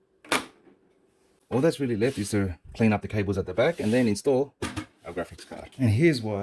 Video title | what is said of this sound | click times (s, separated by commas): white gaming pc build guide gigabyte c301 7800x3d msi x670e gaming plus wifi rtx 5080 | Make sure it clicks in. | 0.2 s